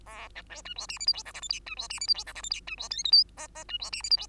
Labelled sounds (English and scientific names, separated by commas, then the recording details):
Bengalese Finch (Lonchura striata domestica) song
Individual Bird2